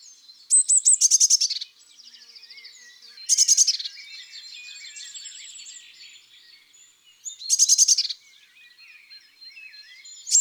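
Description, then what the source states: Eurasian blue tit calling: a few thin high notes, then a harsh buzzy churr, the pattern repeated three times with soft twittering between. Recorded in a garden.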